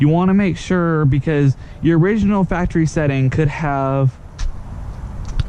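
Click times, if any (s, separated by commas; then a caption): 5.4 s. Someone talks for about four seconds while an LED bulb is plugged directly into the original factory wiring harness of a 3000GT. After a short sound at 4.4 s, the bulb's connector clicks into the harness at 5.4 s, and it is confirmed seated.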